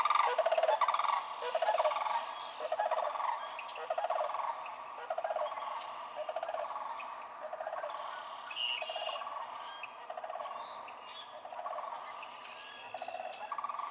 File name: Sandhill Crane